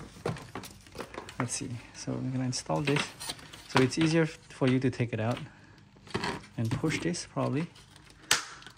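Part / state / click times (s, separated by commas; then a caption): hose fitting into window panel / seated / 8.3 s. A plastic hose fitting is pushed into the window panel of a Hisense portable air conditioner while someone talks over light handling noise. A sharp, loud click at 8.3 seconds marks the fitting seating in the panel.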